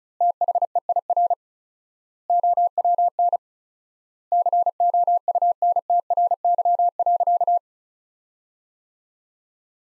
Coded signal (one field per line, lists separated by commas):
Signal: Morse code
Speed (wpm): 36 wpm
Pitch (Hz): 700 Hz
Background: none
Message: THEIR OWN COUNTRY.